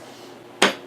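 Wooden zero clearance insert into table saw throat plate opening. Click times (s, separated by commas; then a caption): 0.6 s. A shop-made wooden zero clearance insert, made snug by a small screw in the back, is pressed into the throat opening of a table saw. After quiet background, one sharp knock sounds at 0.6 s as it locks into place, good and solid.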